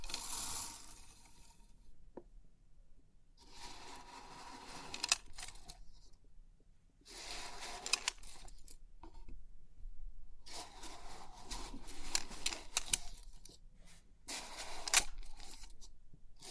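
Crisp pin art tingles: bursts of light, dense metallic clicking and rattling come in stretches of about two to three seconds, separated by short near-silent pauses. The sound is bright and scratchy, with a few sharper ticks standing out, especially around the fifth and fifteenth seconds.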